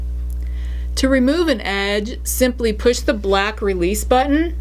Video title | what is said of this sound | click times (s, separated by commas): 3 MINUTES TO RENEW YOUR HANDKNITS | the anchor on the handle push it in and it will click into place | 0.3 s